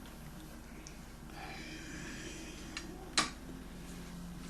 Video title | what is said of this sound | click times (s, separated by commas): Urn Part2 _OPEN SEG JIG! | pops right in there now | 3.2 s